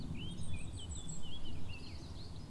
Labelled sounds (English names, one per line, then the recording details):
Eurasian Blackcap
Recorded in Germany
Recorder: ecoPi